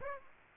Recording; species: mosquito wingbeat signal from an infrared sensor; Aedes aegypti